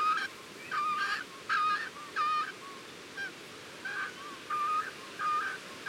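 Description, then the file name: Cormorant calls: short honking notes with a steady tone, in bursts with brief pauses between, over a faint hiss. Several cormorants recorded at the nest. "CORMORANS AU NID"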